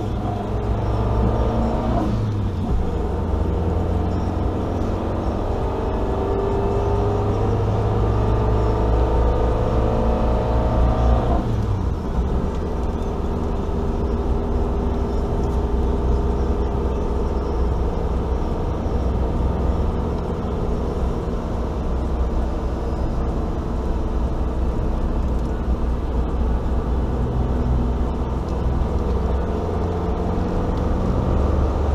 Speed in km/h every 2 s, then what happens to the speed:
39, 40, 44, 45, 49, 50, 51, 52, 55, 56, 58, 57, 56, 58, 59, 64.
0-17 speeds up to 56. 17-27 steady at about 57. 27-32 speeds up to 64.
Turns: none.